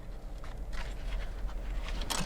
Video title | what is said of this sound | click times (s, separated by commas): Supermicro X8DTi X8DTi-F Motherboard Memory Overview & Upgrade Tips - How to Configure the System | see this one didn't go in all the way so i need to put a little bit more pressure there it goes | 2.1 s